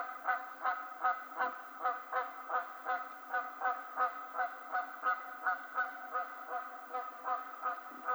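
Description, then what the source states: Canada goose honking, a rapid steady series of nasal honks about every third of a second, with harmonics stacked through the mid range and no other clear sounds. Recorded 20 March 2007.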